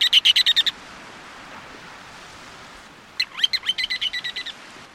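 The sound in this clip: A bird gives rapid strings of bright, high chirping notes, one short run at the start and a longer, slightly uneven run after a quiet gap.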